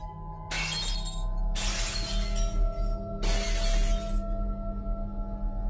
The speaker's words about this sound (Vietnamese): Mấy cái bát mẻ nêu đất ở góc nhà, nó cũng cầm quăng toán loạn, tạo ra những âm thanh đổ vỡ loảng xoảng trong đêm khuya.